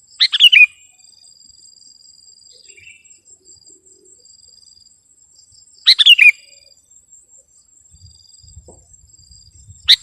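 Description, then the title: Sooty-headed bulbul delivering short bubbly phrases several seconds apart, a thin steady high tone running throughout. "kutilang"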